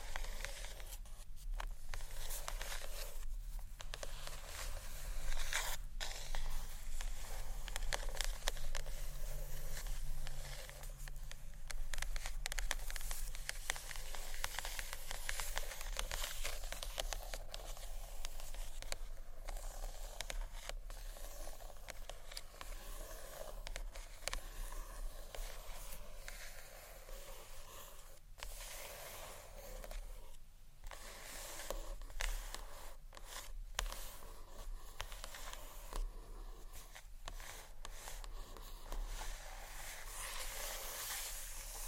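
Gentle scratchy tapping on books, a dense, steady rustle of fingernails scraping across covers with a hissy, bright texture. Sharper taps break through every few seconds, around 1, 3, 6, 20, 28, 30 and 37 seconds, while the level stays fairly even throughout.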